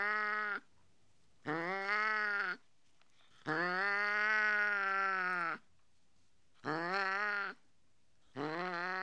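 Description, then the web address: Cat in a run of loud, drawn-out meowing howls, one stretched to about two seconds, separated by short silences. "BBC Sound Effects Library BBC 06-Animals and Birds 06 Mog Cat Howling"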